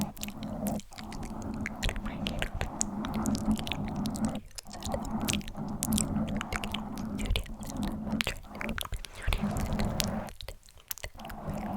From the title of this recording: Tingly Mic Scratching + INTENSE Inaudible Whispers